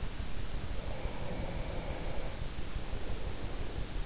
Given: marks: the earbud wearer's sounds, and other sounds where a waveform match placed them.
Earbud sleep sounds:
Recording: sounds in sleep by an in-ear microphone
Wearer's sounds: breath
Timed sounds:
0.59-3.67 s: breath

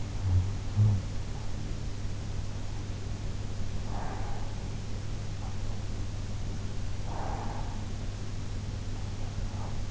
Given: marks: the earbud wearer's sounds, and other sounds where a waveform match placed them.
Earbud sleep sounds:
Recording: sounds in sleep by an in-ear microphone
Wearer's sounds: talking in sleep, breath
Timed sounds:
0.00-1.32 s: talking in sleep
3.69-4.82 s: breath
6.85-8.05 s: breath

